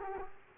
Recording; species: mosquito wingbeat signal from an infrared sensor; Culex quinquefasciatus